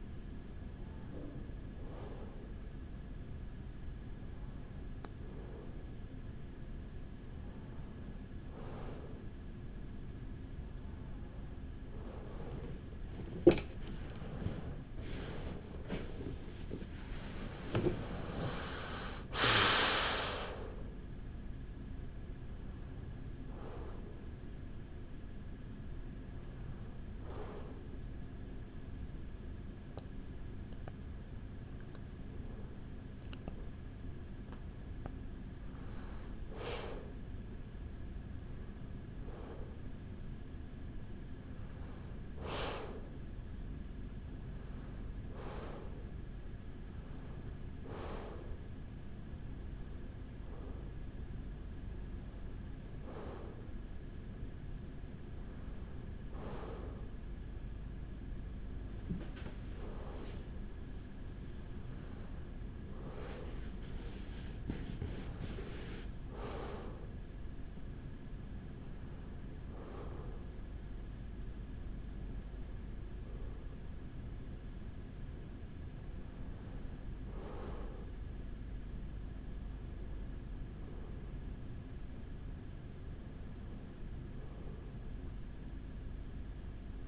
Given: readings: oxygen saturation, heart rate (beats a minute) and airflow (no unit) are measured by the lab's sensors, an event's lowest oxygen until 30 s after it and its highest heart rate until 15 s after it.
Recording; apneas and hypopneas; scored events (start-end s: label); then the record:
a person awake in a sleep study, by a smartphone at the bedside; none
0.00-87.07 s: awake
From the record:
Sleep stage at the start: awake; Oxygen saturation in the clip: 94 to 96%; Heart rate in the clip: 46 to 61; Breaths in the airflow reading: 25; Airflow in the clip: -12.2 to 8.1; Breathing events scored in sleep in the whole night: 207 in 7.6 hours asleep